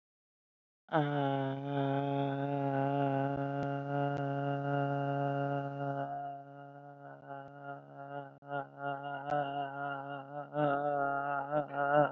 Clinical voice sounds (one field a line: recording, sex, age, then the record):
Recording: vowel held as long as possible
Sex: female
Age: 30 to 39 years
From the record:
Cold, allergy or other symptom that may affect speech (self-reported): no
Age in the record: 36 years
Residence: Michigan, United States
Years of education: 12